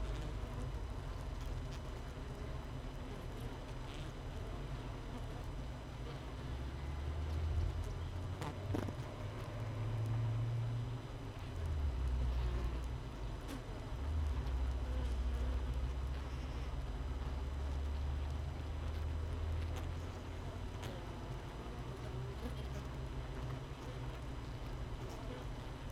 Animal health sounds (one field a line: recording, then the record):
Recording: honeybee colony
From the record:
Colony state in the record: missing queen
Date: 31 May 2018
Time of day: 7:09